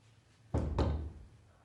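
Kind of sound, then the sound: household object, knocking on a door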